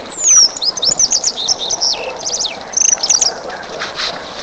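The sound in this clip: Thrush song: quick, high-pitched twittering and squeaky phrases, some sliding downward, delivered in short bursts with brief pauses between them.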